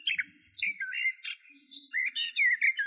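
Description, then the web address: Garden warbler singing a fast, rich warble of varied slurred and chattering notes, rising and falling with only brief pauses. "Sylvia borin"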